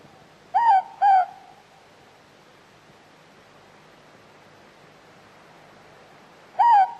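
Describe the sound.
Morepork giving a quick two-note hoot, the second note like the first, then a single note again several seconds later against a quiet hiss.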